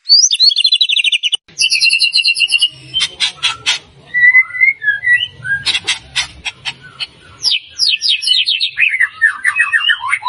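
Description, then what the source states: White-rumped shama song: rapid trills and buzzy phrases, then clicks and whistled notes, ending in a fast descending series of chirps. Bird singing energetically, used as a lure to provoke a response.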